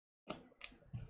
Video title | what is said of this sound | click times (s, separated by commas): Dragapult Keyboard Part 1 - The Keyboard and its Parts | You just line it up and press it in and kind of get a click. | 0.3 s, 0.6 s